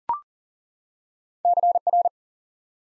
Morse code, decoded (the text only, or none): CR